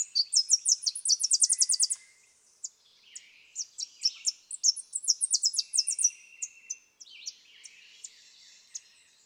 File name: Tennessee Warbler